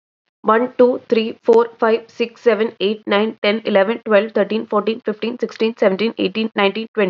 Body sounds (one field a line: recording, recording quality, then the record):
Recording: counting at a fast pace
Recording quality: excellent, no background noise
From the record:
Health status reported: COVID-19 positive, no symptoms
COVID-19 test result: positive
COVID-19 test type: RT-PCR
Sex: female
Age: 25 years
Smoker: no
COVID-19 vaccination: both doses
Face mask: not worn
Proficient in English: yes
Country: India